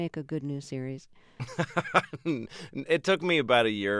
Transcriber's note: soundbite of laughter